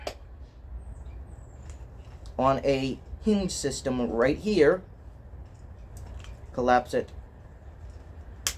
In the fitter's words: all the way down till you hear it click